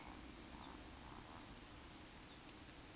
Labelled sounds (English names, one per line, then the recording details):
Eurasian Woodcock whistle
Eurasian Woodcock croak
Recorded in Baden-Württemberg, Germany, on 16 June 2021 at 19:57 UTC
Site 20675, 466 m above sea level